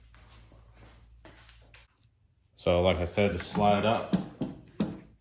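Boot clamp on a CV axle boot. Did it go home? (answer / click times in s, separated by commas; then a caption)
no / none. A metal ear-type clamp is slid up onto the rubber CV axle boot during a CV axle rebuild for a 4Runner GX470/GX460. Faint handling noises come first, then someone talks. Nothing has seated or clicked yet.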